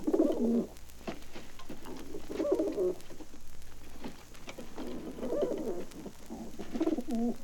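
Pigeons cooing in low, throaty bursts, with soft clicks between them.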